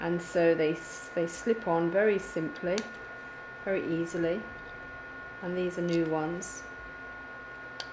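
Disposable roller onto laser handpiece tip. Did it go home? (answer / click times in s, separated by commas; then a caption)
yes / 7.8 s. Someone talks while a new disposable roller is slipped onto the tip of a laser skin-treatment handpiece. A single sharp tick is heard at 7.8 s as the roller locks into place on the tip. A faint steady hum runs underneath throughout.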